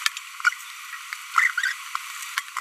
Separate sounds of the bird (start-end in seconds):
1.35-1.50